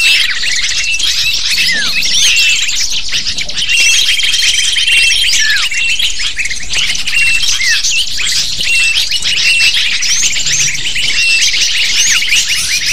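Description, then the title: Lovebirds in a busy chorus, many shrill chirps and twittering squeaks overlapping, a brief steady high whistle in the first half. Calls used as a lure (pikat) to attract lovebirds. "PIKAT BURUNG LOVEBIRD"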